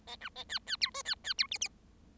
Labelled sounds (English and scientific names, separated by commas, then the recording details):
Bengalese Finch (Lonchura striata domestica) song
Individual Bird7